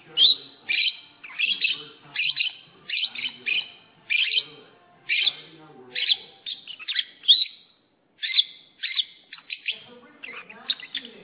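Lovebird chattering steadily in repeated shrill chirp bursts, one short pause near the end before the squeaky calls resume.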